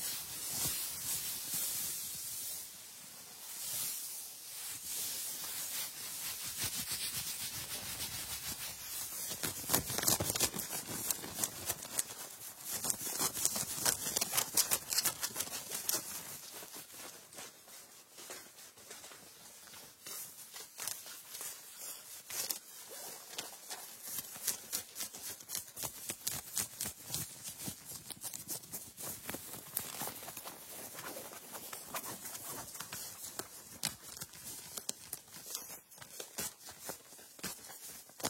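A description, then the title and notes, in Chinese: Bright rustling of clothes rubbing together, sliding in long hissy sweeps early on and turning into quick crackly scrapes after the midpoint. 衣服摩擦。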